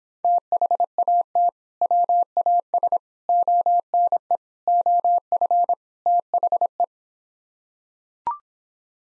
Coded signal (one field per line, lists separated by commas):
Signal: Morse code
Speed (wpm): 26 wpm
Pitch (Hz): 700 Hz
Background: none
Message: THAT WAS ONE OF THE